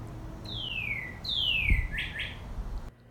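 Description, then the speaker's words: Northern Cardinal song: two long downslurred whistles followed by two short, quick notes, with a brief low thump in the middle. "Let's end today with the lovely sounds of the cardinal."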